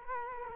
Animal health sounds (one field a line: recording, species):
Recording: mosquito wingbeat signal from an infrared sensor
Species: Culex quinquefasciatus